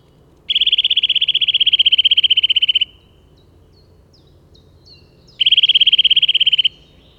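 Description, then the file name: Eurasian nuthatch trill, a rapid even series of high notes lasting about two seconds, then a shorter burst after a pause. "Sitta europaea"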